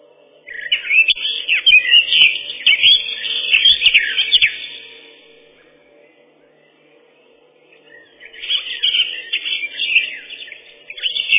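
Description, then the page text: Eurasian blackcap singing a fast, jumbled warble of chirps and whistles for about four seconds, then near silence before another rich warbled phrase begins. Song described as a set of very beautiful fluty whistles, constantly changing in loudness. "Славка-черноголовка — Sylvia atricapilla"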